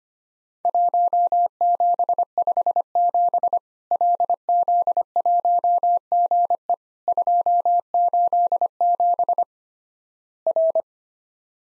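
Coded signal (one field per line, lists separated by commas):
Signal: Morse code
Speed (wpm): 25 wpm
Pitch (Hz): 700 Hz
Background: none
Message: 1757 LZ1GE 287 R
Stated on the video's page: Worked All Europe DX Contest QTC exchange sent at 25wpm as a Morse copying drill, each exchange sent twice.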